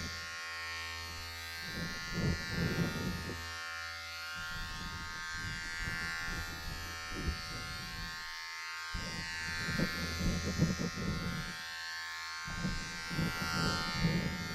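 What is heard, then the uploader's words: Electric clippers buzz steadily, with bursts of snipping and rubbing against hair every few seconds. ASMR Relaxing Salon Haircut Head Massage, Scissors and Clipper(No Talking).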